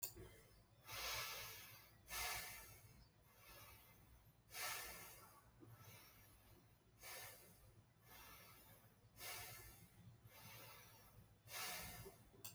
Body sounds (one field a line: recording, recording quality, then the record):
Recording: deep breathing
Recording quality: excellent, no background noise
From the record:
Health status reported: healthy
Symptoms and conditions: none ticked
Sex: male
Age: 35 years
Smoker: not ticked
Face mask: not worn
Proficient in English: yes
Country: India